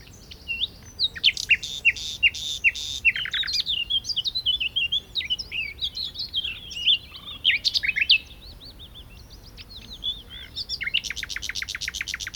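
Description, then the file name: Common nightingale song, loud repeated whistled notes and slurred phrases, a pause, then a fast dry rattling trill at the end. "Luscinia megarhynchos"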